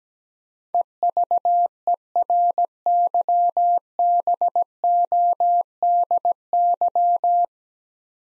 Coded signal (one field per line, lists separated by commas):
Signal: Morse code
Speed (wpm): 17 wpm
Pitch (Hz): 700 Hz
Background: none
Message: EVERYBODY